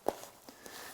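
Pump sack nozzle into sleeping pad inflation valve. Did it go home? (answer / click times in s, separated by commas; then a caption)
yes / 0.1 s. The plastic nozzle of an inflation pump sack is pushed into the one-way valve port of an Exped Dura 8R air mat, a sleeping pad. It seats with a sharp, short click at 0.1 s, followed by fainter knocks around 0.5 s and 0.7 s over low background noise.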